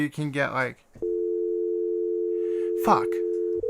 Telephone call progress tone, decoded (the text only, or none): dial tone